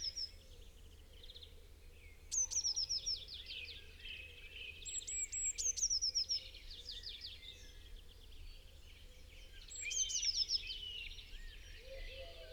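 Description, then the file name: Eurasian blue tit with sharp high notes and short fast trills, repeated several times over a steady background hiss. "Cyanistes caeruleus"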